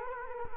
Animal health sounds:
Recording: mosquito wingbeat signal from an infrared sensor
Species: Culex quinquefasciatus

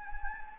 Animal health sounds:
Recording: mosquito wingbeat signal from an infrared sensor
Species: Anopheles gambiae

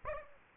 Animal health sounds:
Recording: mosquito wingbeat signal from an infrared sensor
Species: Aedes aegypti

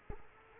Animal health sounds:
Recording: mosquito wingbeat signal from an infrared sensor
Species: Culex quinquefasciatus

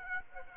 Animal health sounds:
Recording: mosquito wingbeat signal from an infrared sensor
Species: Aedes aegypti

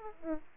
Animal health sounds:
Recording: mosquito wingbeat signal from an infrared sensor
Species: Aedes aegypti

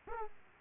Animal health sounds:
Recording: mosquito wingbeat signal from an infrared sensor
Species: Aedes aegypti

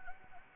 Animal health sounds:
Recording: mosquito wingbeat signal from an infrared sensor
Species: Anopheles gambiae

